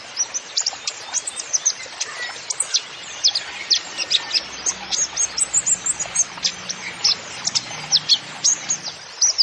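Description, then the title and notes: Kolibri ninja song, a lively stream of sharp, very high chirps and short sweeping notes repeated without letup. Masteran training recording for songbirds, song full of isian (fill-in phrases) and tembakan (rapid shot notes), bird described as gacor (singing vigorously), meant as pancingan to lure other birds into singing. "MASTERAN KOLIBRI NINJA TERBAIK FULL ISIAN DAN TEMBAKAN MEWAH COCOK BUAT PANCINGAN. Suara Burung Kolibri Ninja Gacor"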